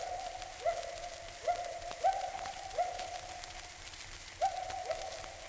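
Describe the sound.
Gibbon call: separate rising whoop notes, each a quick upward swoop, spaced irregularly over a quiet hiss.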